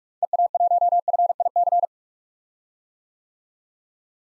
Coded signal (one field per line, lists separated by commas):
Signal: Morse code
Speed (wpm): 46 wpm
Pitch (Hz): 700 Hz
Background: none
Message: EA1FIC